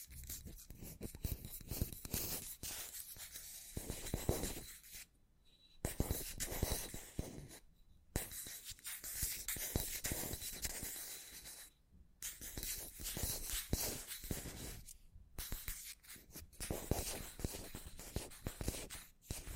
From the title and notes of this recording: Scratchy Tapping on 4 Matte Objects Plastic, Glass, Cardboard, Metal (NO TALKING).